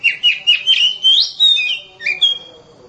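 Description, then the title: Oriental magpie-robin song: a short run of quick, sliding whistled notes, some with a slightly harsh edge, ending in a thin drawn-out whistle. Champion singing bird. "Kicau Burung Kacer Juara. Suara Kacer"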